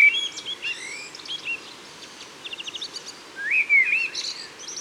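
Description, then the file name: Common blackbird song, assorted high chirps and a quick trill, then one rich fluted warble near the end. Recorded in Isère, France. "Merle-noir-Concerts-naturels-de-l Isere-Studio-Les-Trois-Becs"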